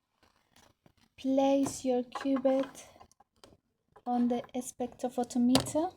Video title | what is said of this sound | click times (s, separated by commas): Alkaline phosphatase kinetics demonstration video | to open it you will hear a click soft touch open | 0.6 s